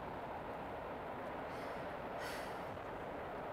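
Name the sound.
train running on rails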